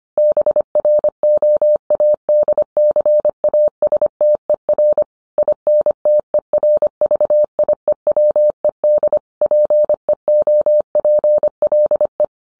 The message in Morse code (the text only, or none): BROADCASTER INTERVIEWED PEOPLE